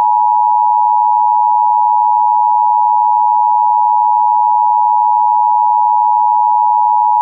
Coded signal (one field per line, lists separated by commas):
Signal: Emergency Alert System (SAME) tones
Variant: 853 and 960 Hz attention tone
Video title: EAS Child Abduction Emergency (AMBER Alert) Garland, Texas Statewide Alert (Dallas Metroplex)